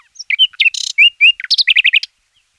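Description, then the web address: Common nightingale song, a rapid varied phrase of rich whistles, a harsh buzzy burst, then a fast run of repeated chirping notes. Recorded in 2004. "singvoegel. gesang. roche 2004 nachtigall"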